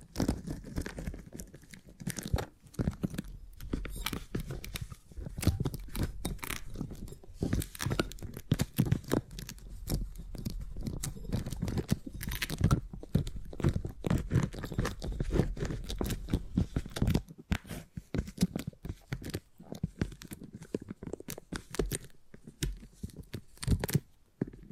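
Beeswax being handled: a dense, continuous run of sticky crackles, snaps and soft tearing sounds. The clicks come rapidly and irregularly for the whole clip, heavy in the low end with sharp bright edges. A brief quieter gap falls around seventeen seconds.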